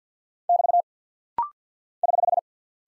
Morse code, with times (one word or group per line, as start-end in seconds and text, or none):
0.5-0.8 <BT>
2.0-2.4 <HH>